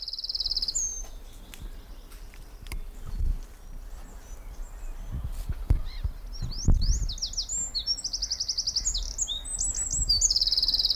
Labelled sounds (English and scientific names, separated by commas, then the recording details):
Eurasian Wren (Troglodytes troglodytes)
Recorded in the wild
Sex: male
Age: adult
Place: Lychen, Brandenburg, DE
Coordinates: 53.21, 13.32
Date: 1995-04-22 18:22
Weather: heiter, 23°C, böiger Wind
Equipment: Marantz CP 430, Sennheiser ME 80, Kopie Uher 4000 Report Monitor
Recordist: Tembrock, Günter